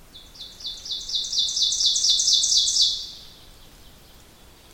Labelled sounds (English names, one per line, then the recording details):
Ovenbird song
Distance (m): 15 m
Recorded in boreal forest in Alberta, Canada, on 2 June 2016 at 07:16
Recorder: SongMeter 3, array SBT-3-7
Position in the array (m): 105 m, 23 m
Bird 9